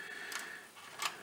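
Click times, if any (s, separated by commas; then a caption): none. A plastic suspension support arm on a HobbyBoss 1/35 scale IDF Nagmachon model tank chassis is being maneuvered with tweezers. Faint, light ticks of handling sound at about 0.4 s and 1.1 s over a quiet background, with a short sharp tick at 1.3 s as the clip ends. The arm has not seated or clicked into place yet.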